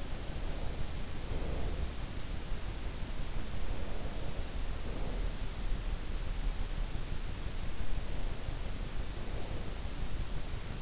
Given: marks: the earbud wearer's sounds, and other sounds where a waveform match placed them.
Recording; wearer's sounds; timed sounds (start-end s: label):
sounds in sleep by an in-ear microphone; breath
0.00-2.24 s: breath
3.78-6.02 s: breath
8.78-10.82 s: breath